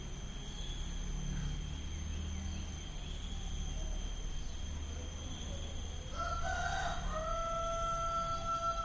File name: nature rural ambience pigs chickens birds insects approaching thunderstorm bali indonesia